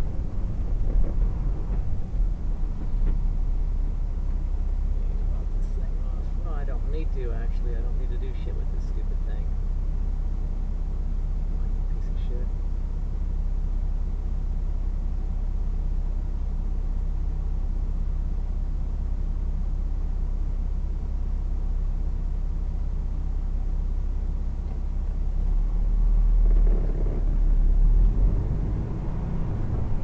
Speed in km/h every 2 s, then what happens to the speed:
11, 0, 0, 0, 0, 0, 0, 0, 0, 0, 0, 0, 0, 10, 13.
0-2 brakes to 0. 2-25 standing. 25-30 pulls away to 13.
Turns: none.